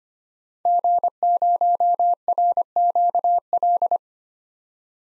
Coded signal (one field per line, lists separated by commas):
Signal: Morse code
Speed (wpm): 25 wpm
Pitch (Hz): 700 Hz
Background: none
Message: G0RQL